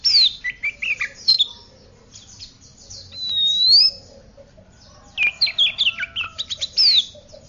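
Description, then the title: Oriental magpie-robin song of rich whistles and quick chirps in bursts, with a drawn-out rising whistle in the middle and a fast chattering phrase after a pause. "Kacer"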